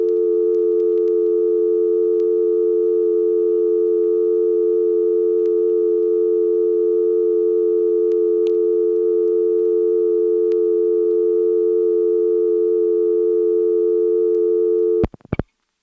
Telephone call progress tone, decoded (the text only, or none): dial tone